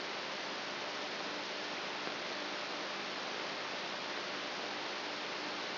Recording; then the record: brain microelectrode recording played as sound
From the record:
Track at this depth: outside the subthalamic nucleus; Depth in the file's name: 1.241 mm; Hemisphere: left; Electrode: 3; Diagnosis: Parkinson's disease